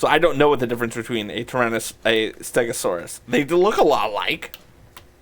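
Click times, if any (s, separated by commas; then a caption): 5.0 s. A LEGO plastic brick from set 21320 is pushed onto a brick model while someone talks. A weak click comes at 4.9 s, but the brick does not click in fully.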